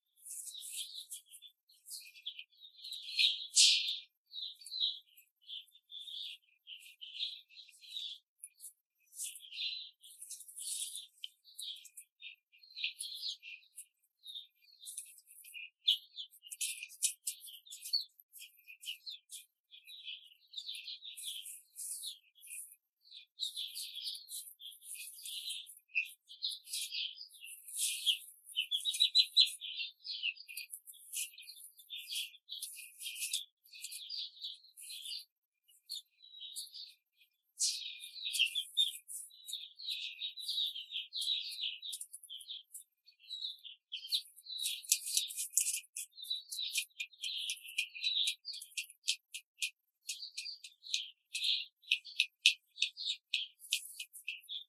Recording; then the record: young laying hens in a cage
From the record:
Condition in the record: control cage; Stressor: none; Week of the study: 5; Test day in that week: 1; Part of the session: 2